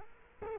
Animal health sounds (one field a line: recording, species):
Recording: mosquito wingbeat signal from an infrared sensor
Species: Culex quinquefasciatus